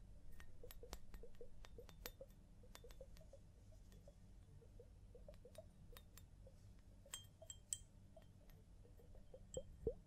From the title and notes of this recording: ASMR Sleep Clinic Personal Attention Scalp Massage, Hair Wash (No Talking).